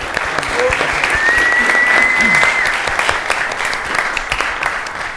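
An audience claps loudly and steadily for about five seconds, a dense patter of many hands, with a brief high whistle rising above it partway through.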